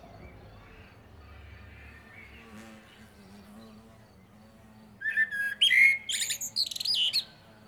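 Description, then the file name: Common blackbird song: after several seconds of low background rumble and hiss, one short fluted phrase ends in high twittering notes. "Turdus merula"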